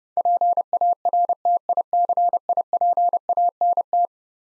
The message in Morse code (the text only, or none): PARTICIPANT